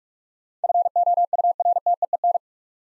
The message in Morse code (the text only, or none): FOURTEEN